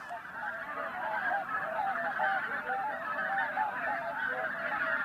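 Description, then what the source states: Goose flock calling, a dense continuous chorus of overlapping nasal honks with no pauses, many birds at once. Flock of about 200-250 geese returning to land, partly dispersing, some passing the directional microphones; recorded April 6, 2015.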